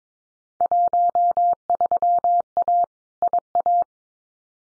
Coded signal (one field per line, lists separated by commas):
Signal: Morse code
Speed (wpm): 22 wpm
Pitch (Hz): 700 Hz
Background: none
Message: 13A IA